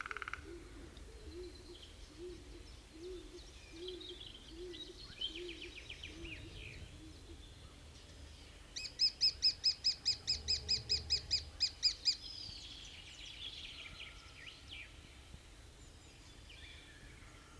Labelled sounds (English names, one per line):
Lesser Spotted Woodpecker drumming